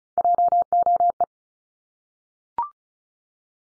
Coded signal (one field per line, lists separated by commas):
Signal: Morse code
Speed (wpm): 36 wpm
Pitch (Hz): 700 Hz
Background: none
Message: JOE